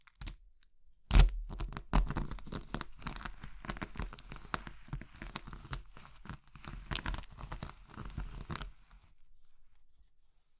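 Crushing of soap, chalk or pastel: a sharp crack near one second, then dense crumbly crunching and crackling until about nine seconds, then quiet.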